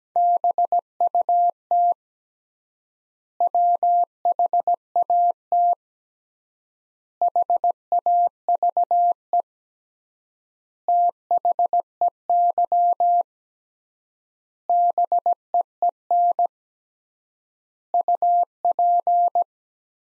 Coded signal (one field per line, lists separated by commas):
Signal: Morse code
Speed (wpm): 17 wpm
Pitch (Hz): 700 Hz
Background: none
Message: BUT WHAT HAVE THEY BEEN UP